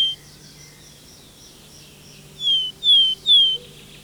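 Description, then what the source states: Willow tit: the end of one whistled note, then after a silence three clear, gently descending whistles spaced evenly. Faint, clear-toned song heard from afar in pine heath forest, recorded by Jan-Erik Bruun; among our most numerous small birds, declined as forests lost the decaying stumps where it excavates nests; song somewhat melancholy.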